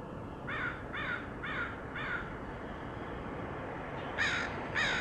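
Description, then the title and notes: Crow cawing: a run of four softer harsh caws, a pause, then two louder caws close together. Portland, Oregon, USA, August 2003. "Crows recorded by Dan Bodah in Portland, OR, August 2003."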